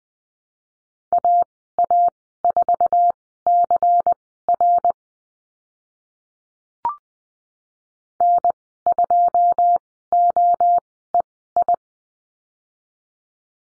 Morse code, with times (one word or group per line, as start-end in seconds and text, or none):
1.1-4.9 AA4CR
8.2-11.7 N2OEI